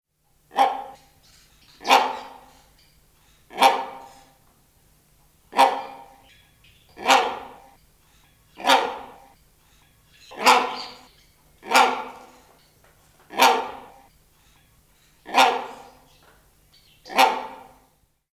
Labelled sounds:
Great Hornbill
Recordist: Tembrock, Günter
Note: Rufreihe eines Männchens

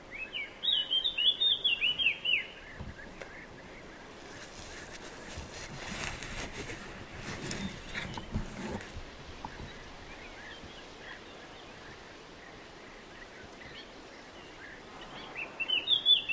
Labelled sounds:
Eurasian Blackcap song
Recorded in the wild
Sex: male
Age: adult
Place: Tiuccia, Corsica, FR
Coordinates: 42.0844, 8.75111
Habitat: macchia
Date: 2011-07-18 13:57
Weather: sunny, 30°C, light to moderate westerly winds
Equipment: Fostex FR2-LE, Sennheiser ME66, Popschutz
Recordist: Frommolt, Karl-Heinz

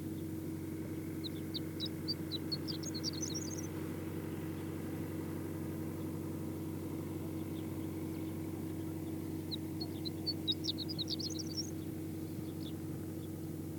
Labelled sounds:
Horned Lark song
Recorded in the wild
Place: Wüste Gobi, MN
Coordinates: 42.94, 105.082
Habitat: Desert
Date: 1979-06-01 09:15
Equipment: Nagra III BH, Sennheiser MD 21, parabola
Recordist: Schubert, Michael
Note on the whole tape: Ohrenlerche, drei Strophen im Fluge, dann am Boden

